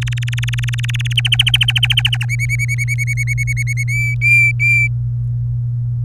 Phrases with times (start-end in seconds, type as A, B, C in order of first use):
0.01-1.13 A, 1.17-2.25 B, 2.29-3.84 C, 3.88-4.88 D